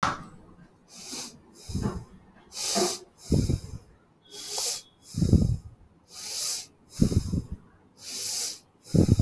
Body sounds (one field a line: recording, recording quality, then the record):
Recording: shallow breathing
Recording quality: excellent, no background noise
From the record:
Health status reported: healthy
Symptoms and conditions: diabetes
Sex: male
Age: 50 years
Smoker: yes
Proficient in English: yes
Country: India